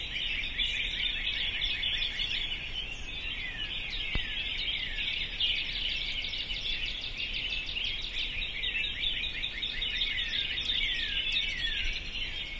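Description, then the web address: Birds singing in a dense chorus, countless overlapping chirps and trills forming a steady high wash, with constant background hiss and one brief click. "sounds djk sounds birds 0645 040905"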